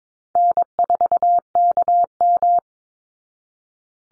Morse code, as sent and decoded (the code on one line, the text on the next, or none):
-. ....- -.- --
N4KM